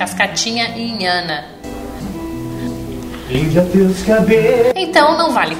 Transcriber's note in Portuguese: sobe som